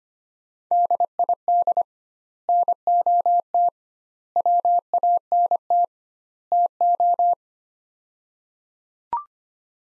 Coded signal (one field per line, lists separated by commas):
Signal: Morse code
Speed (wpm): 25 wpm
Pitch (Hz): 700 Hz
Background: none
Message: DID NOT WANT TO